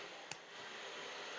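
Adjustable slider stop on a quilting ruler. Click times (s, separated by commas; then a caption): 0.3 s. An adjustable cutting-width slider stop is slid along a quilting ruler to the 3.5 inch mark, where its tab clicks into a notch on the ruler. A single short, sharp click is heard at 0.3 s over a steady background hiss. The slider seats in place.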